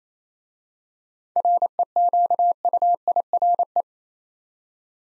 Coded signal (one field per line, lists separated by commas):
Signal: Morse code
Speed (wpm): 28 wpm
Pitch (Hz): 700 Hz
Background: none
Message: REQUIRE